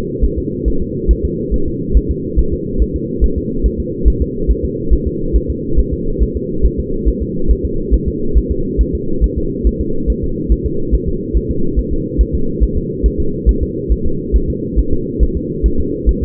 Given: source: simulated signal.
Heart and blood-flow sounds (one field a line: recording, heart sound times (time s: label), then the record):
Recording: fetal heart sounds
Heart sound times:
0.24 s: S1
0.38 s: S2
0.68 s: S1
0.82 s: S2
1.11 s: S1
1.25 s: S2
1.54 s: S1
1.68 s: S2
1.97 s: S1
2.11 s: S2
2.39 s: S1
2.53 s: S2
2.82 s: S1
2.96 s: S2
3.24 s: S1
3.38 s: S2
3.66 s: S1
3.80 s: S2
4.08 s: S1
4.22 s: S2
4.51 s: S1
4.65 s: S2
4.93 s: S1
5.07 s: S2
5.36 s: S1
5.50 s: S2
5.79 s: S1
5.93 s: S2
6.22 s: S1
6.37 s: S2
6.66 s: S1
6.80 s: S2
7.09 s: S1
7.22 s: S2
7.51 s: S1
7.65 s: S2
7.94 s: S1
8.08 s: S2
8.38 s: S1
8.52 s: S2
8.81 s: S1
8.95 s: S2
9.24 s: S1
9.38 s: S2
9.67 s: S1
9.81 s: S2
10.10 s: S1
10.24 s: S2
10.52 s: S1
10.66 s: S2
10.94 s: S1
11.09 s: S2
11.37 s: S1
11.51 s: S2
11.79 s: S1
11.93 s: S2
12.21 s: S1
12.35 s: S2
12.63 s: S1
12.78 s: S2
13.06 s: S1
13.20 s: S2
13.49 s: S1
13.63 s: S2
13.92 s: S1
14.06 s: S2
14.36 s: S1
14.50 s: S2
14.79 s: S1
14.93 s: S2
15.23 s: S1
15.37 s: S2
15.66 s: S1
15.80 s: S2
16.09 s: S1
16.23 s: S2
From the record:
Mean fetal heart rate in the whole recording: 140 bpm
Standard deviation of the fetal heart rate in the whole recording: 2 bpm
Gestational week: 34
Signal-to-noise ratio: -8.1 dB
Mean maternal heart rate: 72 bpm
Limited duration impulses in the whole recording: absent